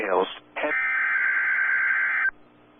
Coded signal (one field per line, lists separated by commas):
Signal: Emergency Alert System (SAME) tones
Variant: header bursts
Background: speech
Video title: A plethora in the plains EAS compilation part 2, EAS alerts 94-100!!!